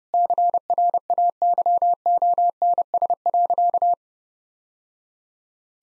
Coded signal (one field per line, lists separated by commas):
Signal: Morse code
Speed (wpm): 30 wpm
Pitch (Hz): 700 Hz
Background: none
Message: CRAYONS.